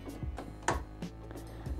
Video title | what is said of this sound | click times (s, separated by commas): Epson Expression Home XP-322: How to Change/Replace Ink Cartridges | and just press down gently until you hear a click | 0.7 s